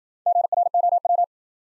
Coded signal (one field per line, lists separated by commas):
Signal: Morse code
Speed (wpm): 51 wpm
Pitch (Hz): 700 Hz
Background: none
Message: GROW